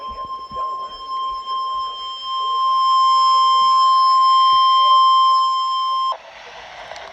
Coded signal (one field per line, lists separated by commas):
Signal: Emergency Alert System (SAME) tones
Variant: 1050 Hz attention tone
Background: speech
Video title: Flood watch on KIH28 and Flood watch (1050) on KWO35 EAS#63-64